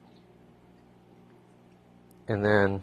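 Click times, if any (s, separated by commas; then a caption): none. A plastic part is held and lined up with the holes of a device housing before being squeezed in, with a steady low hum and a faint tick near 2.1 s. Someone talks briefly near the end. Nothing has seated or clicked yet.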